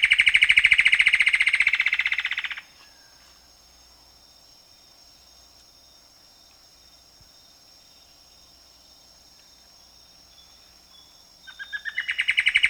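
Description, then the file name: Plumbeous antbird calling, a fast series of harsh repeated notes for about two and a half seconds, then near silence, and the series starting again at the end. Peru, Amazon. "Plumbeous Antbird (Myrmeciza hyperythra), Peru"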